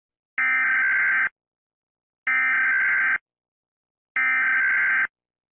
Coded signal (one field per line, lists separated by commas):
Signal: Emergency Alert System (SAME) tones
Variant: header bursts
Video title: ⚠️Monche Republic EAS Alarm (2011) (Requested) (Fictional Nation (Fake) (Mock)⚠️